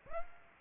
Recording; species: mosquito wingbeat signal from an infrared sensor; Aedes aegypti